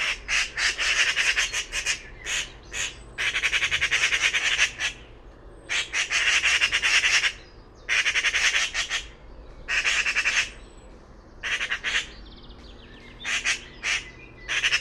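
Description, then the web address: Bird calls as grating, buzzy squawks delivered in fast stuttering runs, with brief gaps between runs and a steady low hum beneath. "cianscape birddata Deverinetal 2025"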